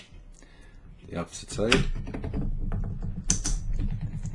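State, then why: Seated. A push pin on the opposite side of a CPU cooler fan is pressed down into the motherboard while someone talks. A sharp click at 3.3 s marks the pin seating, with small taps and handling noise around it.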